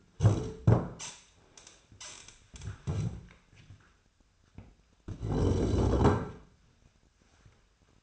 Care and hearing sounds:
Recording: daily activity, microphone in the room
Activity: stand up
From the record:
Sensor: 2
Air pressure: 1007.7 hPa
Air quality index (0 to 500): 179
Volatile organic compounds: 9 ppm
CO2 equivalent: 2193 ppm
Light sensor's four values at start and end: 9/22/9/9 and 10/23/9/10

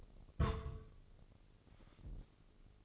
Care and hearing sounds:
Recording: daily activity, microphone in the room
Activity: place on stove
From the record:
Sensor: 4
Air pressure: 996.1 hPa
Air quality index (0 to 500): 72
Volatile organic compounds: 3 ppm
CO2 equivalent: 1343 ppm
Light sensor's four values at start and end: 19/51/19/21 and 19/51/19/21

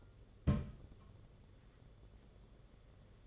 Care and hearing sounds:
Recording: daily activity, microphone in the room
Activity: place on stove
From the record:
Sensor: 4

